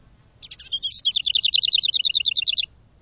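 A bird opens with a few scratchy notes, then runs into a fast, even series of high, pulsing trill notes lasting about a second and a half.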